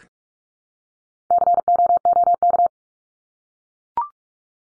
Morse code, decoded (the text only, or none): COOK